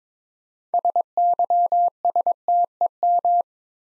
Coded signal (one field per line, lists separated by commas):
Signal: Morse code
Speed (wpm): 22 wpm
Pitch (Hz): 700 Hz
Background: none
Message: SYSTEM